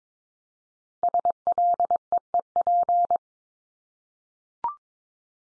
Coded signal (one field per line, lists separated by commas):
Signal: Morse code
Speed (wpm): 22 wpm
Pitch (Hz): 700 Hz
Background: none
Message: SLEEP